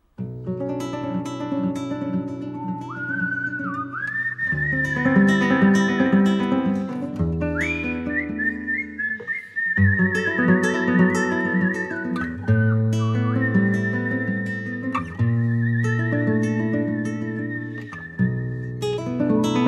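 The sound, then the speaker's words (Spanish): A piercing human whistle carries a slow melody of long, held notes with slight vibrato, soaring above steady instrumental accompaniment for the whole stretch, with no voices. “Es un sonido penetrante. Es un llamado de atención que queda suspendido en el aire.”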